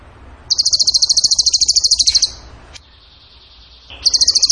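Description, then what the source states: Bird giving a long, very fast, high rattling trill, a quieter thin buzz, then another trill starting at the end. Masteran (training recording) for song birds in the tembakan gacor song style.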